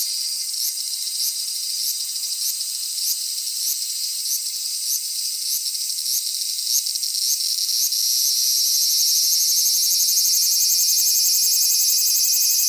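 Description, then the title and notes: Cicadas droning in a steady shrill buzz, with regular pulsed accents early on that blend into an even, intensifying whine toward the end. Recorded close-up with a parabolic microphone in July at Annakaharuna, Gunma, in Japan's Kanto region; males sing by rapidly vibrating their tymbals, which females lack. "Cigales électro au Japon"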